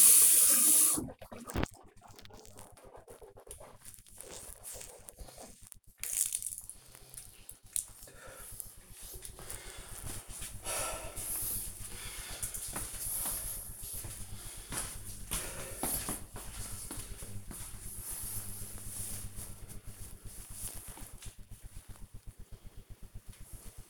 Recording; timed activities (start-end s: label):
household activities, microphone on the right wrist
0.00-6.49 s: brushing teeth